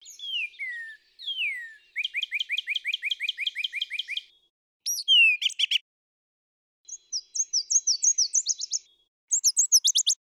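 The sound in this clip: Brown thrasher song, a fast string of varied phrases: slurred downward notes, a long run of repeated rapid chirps, sharp buzzy bursts, then more repeated clipped notes, with brief pauses.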